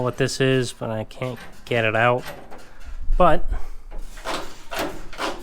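Someone talks while the passenger door of a 1937 Ford sedan delivery, set for rust repairs, is handled at its latch on the car body, with low thumping around 3.1–3.6 seconds and a brief sharp sound near 5.1 seconds. The door has not latched or clicked home yet.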